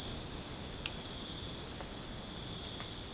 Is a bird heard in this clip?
no